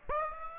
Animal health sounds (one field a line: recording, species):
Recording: mosquito wingbeat signal from an infrared sensor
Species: Aedes aegypti